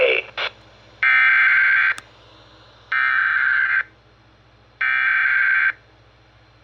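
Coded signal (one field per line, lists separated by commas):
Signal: Emergency Alert System (SAME) tones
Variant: header bursts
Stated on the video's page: Tones played from a VCR to self-activate a Uniden BC370CRS scanner.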